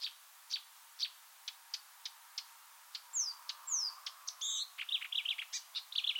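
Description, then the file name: Marsh warbler song: sharp high chips repeated about twice a second, then faster varied phrases with downslurred whistles and trills toward the end. "suara-kicauan-burung-marsh-warbler -omkicau"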